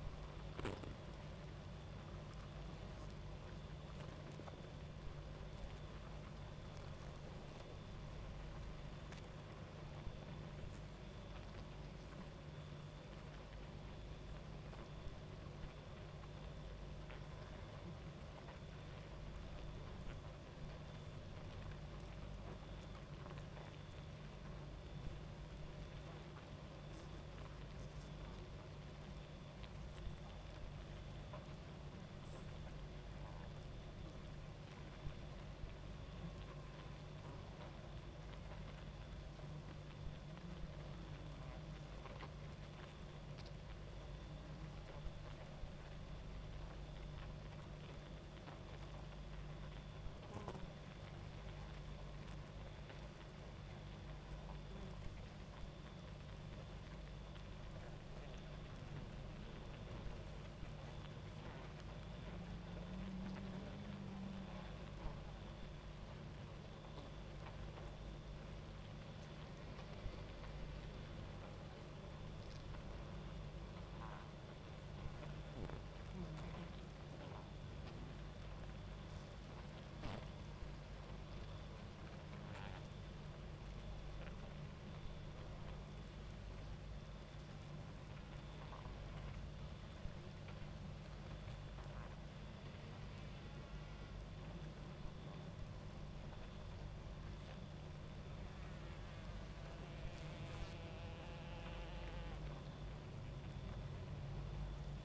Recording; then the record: honeybee colony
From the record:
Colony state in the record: active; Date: 28 July 2017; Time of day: 23:56